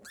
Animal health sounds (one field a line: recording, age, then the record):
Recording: pig call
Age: piglet (1 to 25 days)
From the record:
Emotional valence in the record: negative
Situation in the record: long isolation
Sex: female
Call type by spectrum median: high-frequency call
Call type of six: mixed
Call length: 0.11 s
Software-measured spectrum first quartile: 1438 Hz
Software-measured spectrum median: 3531 Hz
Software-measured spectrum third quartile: 6604 Hz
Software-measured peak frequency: 1644 Hz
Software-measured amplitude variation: 87 dB a second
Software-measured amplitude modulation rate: 9.1 a second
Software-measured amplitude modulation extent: 9.6 dB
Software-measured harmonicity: 6.3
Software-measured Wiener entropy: -3.66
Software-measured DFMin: 1094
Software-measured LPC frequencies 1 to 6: 1622, 1779, 3682, 4490, 5678, 6726 Hz